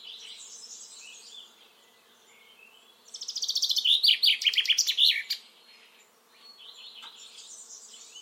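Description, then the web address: Common chaffinch song phrase of quick repeated notes, framed by softer twittering from other birds. "Deverinetal 2025 File origin Bird Only Fr Co"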